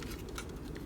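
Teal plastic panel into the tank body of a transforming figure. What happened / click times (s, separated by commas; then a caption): The plastic panel snapped into place / 0.4 s. A teal plastic panel on the tank mode of a Mastermind Creations R-17 Carnifex transforming robot figure is folded around and pressed underneath the tank body. Light plastic handling taps come at about 0.0 s and 0.8 s, with the firmest snap at 0.4 s. The panel seats into place at that 0.4 s click.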